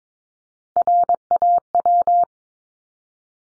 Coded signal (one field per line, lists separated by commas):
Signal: Morse code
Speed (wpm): 22 wpm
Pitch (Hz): 700 Hz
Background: none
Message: RAW